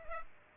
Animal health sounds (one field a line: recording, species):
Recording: mosquito wingbeat signal from an infrared sensor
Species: Culex pipiens